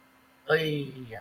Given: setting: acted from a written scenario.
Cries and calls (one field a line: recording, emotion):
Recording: vocal sound without words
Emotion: guilt